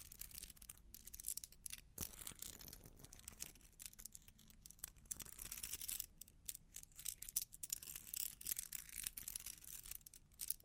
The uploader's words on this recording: Long Claws Tapping and Scratching (No Talking).